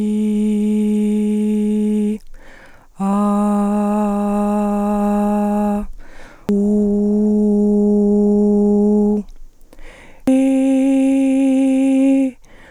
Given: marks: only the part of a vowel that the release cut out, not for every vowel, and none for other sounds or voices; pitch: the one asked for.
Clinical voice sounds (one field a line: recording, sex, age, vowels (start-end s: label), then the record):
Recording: sustained vowels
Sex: female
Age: 30 to 39 years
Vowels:
0.00-1.87 s: vowel /i/, normal pitch
3.61-5.61 s: vowel /a/, normal pitch
6.86-8.96 s: vowel /u/, normal pitch
10.38-12.19 s: vowel /i/, high pitch
From the record:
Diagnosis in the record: arytenoid dislocation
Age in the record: 37 years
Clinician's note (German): Verdacht auf Luxation re